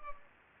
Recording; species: mosquito wingbeat signal from an infrared sensor; Culex pipiens